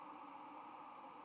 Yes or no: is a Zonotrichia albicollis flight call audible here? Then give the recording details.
no. No flight call is heard. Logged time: 06:22 on 4 November 2014